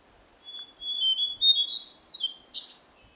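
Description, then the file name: Lesser shortwing call, a thin high whistled note that climbs into a brief jumbled, tumbling phrase of sharp high notes, lasting about two seconds. "Lesser Shortwing Brachypteryx leucophris"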